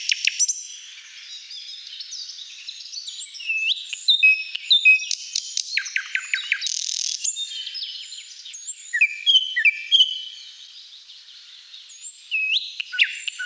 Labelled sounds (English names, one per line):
Thrush Nightingale song